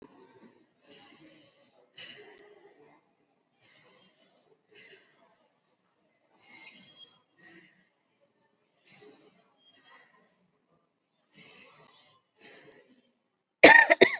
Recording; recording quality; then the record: deep breathing; excellent, no background noise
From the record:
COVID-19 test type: RT-PCR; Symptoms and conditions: cough, sore throat, another condition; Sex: female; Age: 22 years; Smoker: no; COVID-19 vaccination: both doses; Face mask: worn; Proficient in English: yes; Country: India